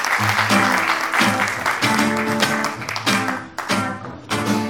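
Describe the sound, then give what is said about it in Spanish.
A concert crowd applauds the guests at a show celebrating 25 years of making songs, with dense, steady clapping that fills the whole stretch, while music with deep repeating bass notes plays underneath. “Un aplauso a todos los invitados.”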